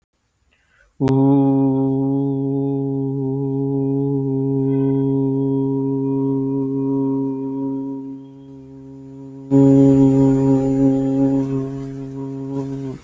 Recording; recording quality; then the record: sustained vowel as in boot; excellent, no background noise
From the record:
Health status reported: healthy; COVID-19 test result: not tested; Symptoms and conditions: none ticked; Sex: male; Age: 30 years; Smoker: not ticked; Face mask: not worn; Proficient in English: yes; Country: India